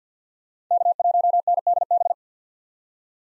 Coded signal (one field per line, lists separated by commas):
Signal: Morse code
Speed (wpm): 50 wpm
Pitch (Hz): 700 Hz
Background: none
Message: K1NDB